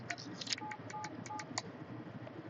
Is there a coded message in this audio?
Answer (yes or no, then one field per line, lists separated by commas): no